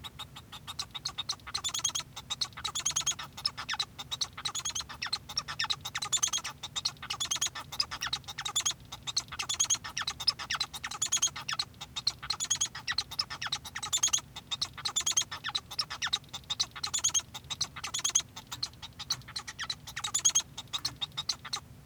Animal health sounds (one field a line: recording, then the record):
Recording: song of a male Bengalese finch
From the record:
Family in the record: son of father 1